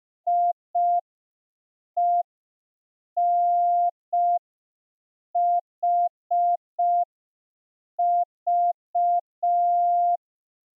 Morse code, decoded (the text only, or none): IENHV